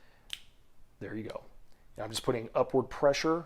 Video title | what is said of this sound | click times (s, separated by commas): Aftermarket Scale Installation: Benchmade 940 | let's everything move freely and you probably heard it maybe just click into place there | 0.3 s